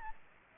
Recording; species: mosquito wingbeat signal from an infrared sensor; Aedes aegypti